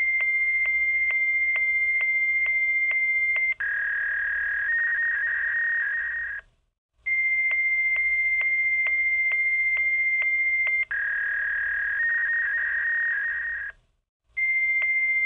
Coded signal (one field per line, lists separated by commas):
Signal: fax machine handshake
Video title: Fax sound effect - Bestfreesounds